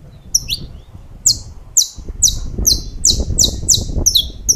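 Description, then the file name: Saffron finch song of crisp, high chips, some doubled, repeated in a quick series with a brief pause early on, above a low background rumble. "Canto-do-Canário-da-Terra"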